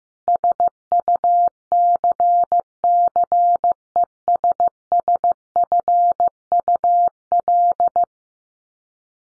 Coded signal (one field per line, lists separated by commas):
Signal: Morse code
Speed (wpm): 15 wpm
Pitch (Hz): 700 Hz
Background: none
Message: SUCCESSFUL